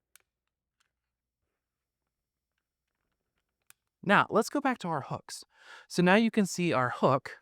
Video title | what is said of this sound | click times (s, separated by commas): ClickBox - User Guide | until you hear the click, and it locks in. And I'm going to do this for each of the four rods here. | 0.2 s, 3.7 s